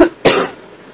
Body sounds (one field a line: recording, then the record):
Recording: coughing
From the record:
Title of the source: 34 coughing up crap again